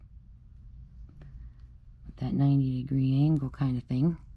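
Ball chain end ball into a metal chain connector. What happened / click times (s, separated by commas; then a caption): The chain end was handled but had not yet snapped into the connector / none. A ball chain's end ball is being handled into a metal end connector, to be slid up at a 90° angle until it snaps into place and makes a spot to attach jump rings. Faint small ticks of handling come around 1.2 s before someone talks, but nothing has seated or clicked yet.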